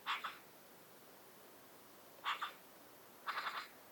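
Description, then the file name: Eurasian magpie giving harsh, rasping call notes: a double burst at the start, another after two seconds, then a short stuttering rattle near the end over faint background hiss. "Pica pica"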